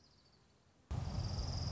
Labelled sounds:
Orange-crowned Warbler (Leiothlypis celata)
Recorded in Sonoma County, California

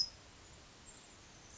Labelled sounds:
California Towhee (Melozone crissalis)
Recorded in Sonoma County, California

